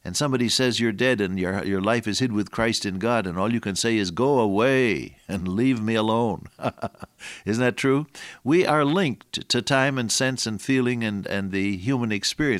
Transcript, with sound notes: And somebody says, “You’re dead and your life is hid with Christ in God,” and all you can say is, “Go away and leave me alone.” [chuckle] Isn’t that true? We are linked to time and sense and feeling and the human experience.